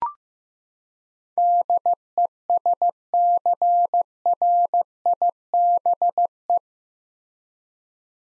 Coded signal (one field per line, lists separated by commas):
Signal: Morse code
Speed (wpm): 15 wpm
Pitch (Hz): 700 Hz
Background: none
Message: DESCRIBE